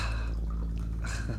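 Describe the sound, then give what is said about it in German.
A drink is poured from a bottle in a steady, gurgling trickle with faint dripping, over a low continuous hum, and no one speaks. “Ist noch was in der Flasche? Oh, wir haben ja noch eine”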